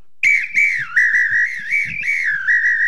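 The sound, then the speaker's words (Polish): A loud, continuous high whistle lasting nearly three seconds, warbling and dipping slightly in pitch as it goes, blown by mouth on an apito bought at Copacabana or the Maracanã, to signal a goal, with no one speaking. “To apito jest.”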